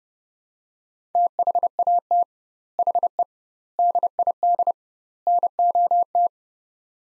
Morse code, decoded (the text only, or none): THAT HE DID NOT